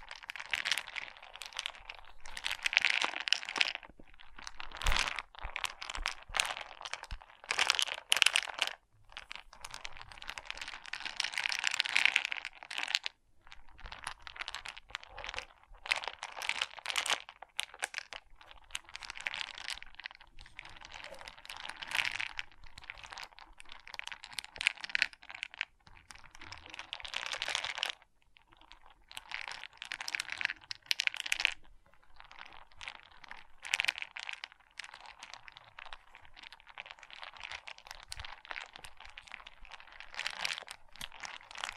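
Small plastic pixel art beads rattle and clatter almost without pause, a dense stream of quick, bright clicks and scrapes like rummaging or pouring. The activity comes in bursts with brief near-silent gaps, notably around 5, 13, 28 and 31 seconds.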